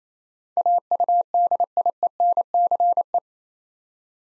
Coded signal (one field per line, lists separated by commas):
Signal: Morse code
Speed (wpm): 29 wpm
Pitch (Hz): 700 Hz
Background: none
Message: AUDIENCE